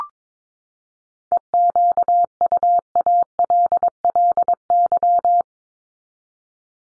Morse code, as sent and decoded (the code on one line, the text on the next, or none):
. --.- ..- .- .-.. .-.. -.--
EQUALLY